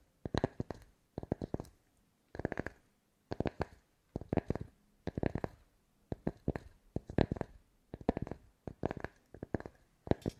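ASMR tapping in quick clusters of sharp knocks, two to four at a time, repeating steadily about every second over near silence.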